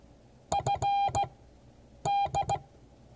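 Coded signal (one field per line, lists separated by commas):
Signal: Morse code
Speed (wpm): 16 wpm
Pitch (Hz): 800 Hz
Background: none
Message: FD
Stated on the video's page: Morse code class.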